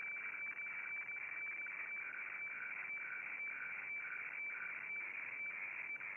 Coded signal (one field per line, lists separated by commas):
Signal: weather fax (radiofax)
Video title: Réception FAX HF du 07 07 2022